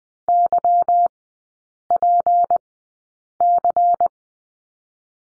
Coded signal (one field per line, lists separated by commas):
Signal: Morse code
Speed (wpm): 20 wpm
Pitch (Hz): 700 Hz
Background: none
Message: YPC